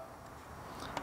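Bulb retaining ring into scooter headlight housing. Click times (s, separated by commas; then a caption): 1.0 s. A plastic retaining ring is pushed back over the LED headlight bulb in a Vespa Sprint or Primavera scooter headlight housing, with its two small tabs lined up with the housing. After a quiet, low hum, a short sharp click at 1.0 s marks the tabs snapping in and the ring seating.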